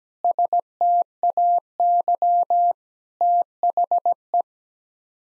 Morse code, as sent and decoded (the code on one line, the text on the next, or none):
... - .- -.-- / - .... .
STAY THE